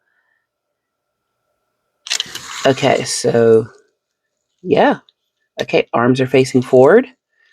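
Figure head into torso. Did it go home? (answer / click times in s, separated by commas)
no / none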